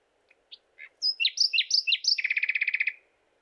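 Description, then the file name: Common nightingale song: a few quiet opening notes, then repeated sweeping whistles leading into a fast, even rattling trill. "Luscinia megarhynchos"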